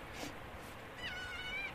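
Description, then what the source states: Kea giving one drawn-out cry, fairly faint over a steady background hiss. Kea calling in the distance near a rock wren nest site, Lake Graney, Haast Range, South Westland, New Zealand, mid December.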